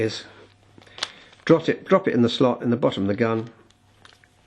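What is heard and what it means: Someone talks while a pellet magazine is dropped into the slot in the bottom of the grip of a Beretta A9000S CO2 air pistol, with a sharp tick near 1.0 s and faint taps near the end. The magazine has not yet been pushed home, and nothing has seated or clicked yet.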